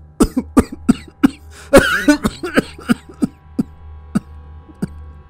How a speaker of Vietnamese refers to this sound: Bố giận quá, lại lên cơn ho khù khụ.